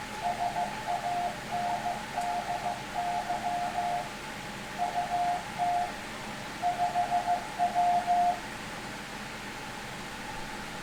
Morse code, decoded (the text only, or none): SANDY UT 5W